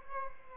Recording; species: mosquito wingbeat signal from an infrared sensor; Aedes albopictus